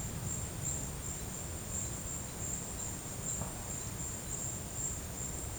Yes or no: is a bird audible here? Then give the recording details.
no. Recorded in secondary vegetation near Puerto Asís, Putumayo, Colombia, on 19 March 2025 at 13:30. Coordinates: 0.485, -76.322. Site G040